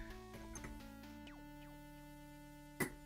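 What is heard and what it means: A spring-loaded metal mounting screw on a CPU cooler or AIO bracket is turned counterclockwise against a motherboard backplate standoff while music plays in the background. At 2.8 s a sharp click is heard as the thread drops into its start position, and the screw is seated at the point where the thread resets.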